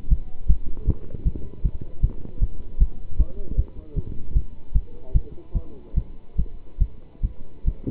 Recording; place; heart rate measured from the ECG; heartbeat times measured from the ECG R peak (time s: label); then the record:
heart sounds by stethoscope; between the tricuspid and mitral areas; 151 bpm
0.09 s: heartbeat
0.47 s: heartbeat
0.86 s: heartbeat
1.24 s: heartbeat
1.62 s: heartbeat
2.01 s: heartbeat
2.40 s: heartbeat
2.79 s: heartbeat
3.17 s: heartbeat
3.56 s: heartbeat
3.95 s: heartbeat
4.34 s: heartbeat
4.73 s: heartbeat
5.13 s: heartbeat
5.54 s: heartbeat
5.95 s: heartbeat
6.36 s: heartbeat
6.79 s: heartbeat
7.22 s: heartbeat
7.65 s: heartbeat
From the record:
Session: pedaling a stationary bicycle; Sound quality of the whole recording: good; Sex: male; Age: 27 years